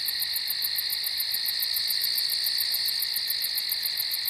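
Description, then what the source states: Crickets chirping in a dense chorus, shrill and continuous with rapid pulses. Crickets at night on a farm.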